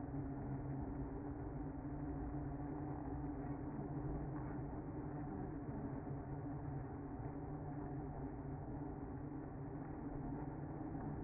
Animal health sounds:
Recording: honeybee colony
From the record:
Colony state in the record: active

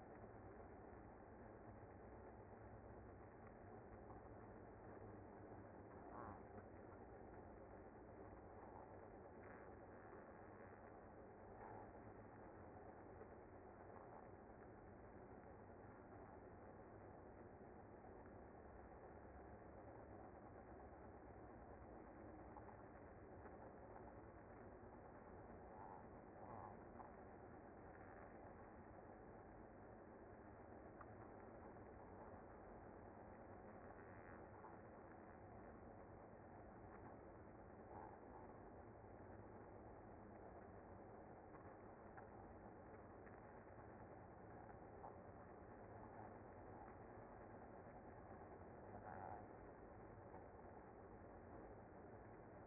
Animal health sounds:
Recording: honeybee colony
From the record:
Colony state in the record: active

